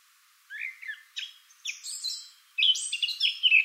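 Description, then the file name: Eurasian blackcap giving short scratchy warbled phrases in several bursts after a half-second silence, the last louder with sharp high notes. "Sylvia atricapilla"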